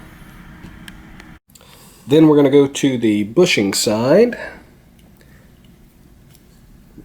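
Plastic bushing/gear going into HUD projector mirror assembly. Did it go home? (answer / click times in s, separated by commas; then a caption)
yes / 6.4 s. On a C5 Corvette head-up display projector, the plastic bushing side of the repaired gear assembly is pressed into the mirror assembly after someone talks briefly. A few faint ticks follow the speech, and the bushing snaps into place with a small click at 6.4 s.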